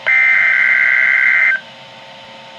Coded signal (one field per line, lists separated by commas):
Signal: Emergency Alert System (SAME) tones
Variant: header bursts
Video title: NOAA Weather Radio - Weekly EAS Test - 3/16/16